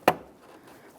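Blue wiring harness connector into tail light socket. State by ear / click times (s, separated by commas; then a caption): seated / 0.1 s. A blue plastic wiring harness connector is pressed onto the outer tail light bulb socket of a 2012-2015 Honda Civic. A single sharp click sounds at 0.1 s, then quiet. The connector seats.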